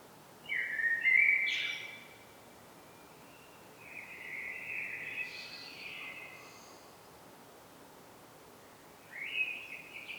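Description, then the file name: Common blackbird singing fluty warbled phrases around mid pitch, one near the start, another at four to seven seconds and a third at the end, with faint hiss behind. "Turdus merula"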